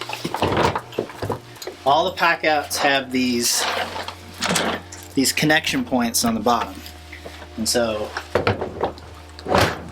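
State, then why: Seated. Someone talks while a modular plastic Packout stacking tool box is pushed onto the connection points on the unit below, a tool box or rolling base. A sharp snap at 8.5 s marks it latching on, locked in place so it won't come off.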